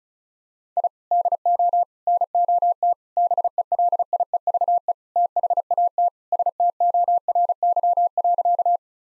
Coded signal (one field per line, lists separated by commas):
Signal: Morse code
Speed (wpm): 36 wpm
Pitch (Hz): 700 Hz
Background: none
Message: I DO NOT BELIEVE THAT STORY.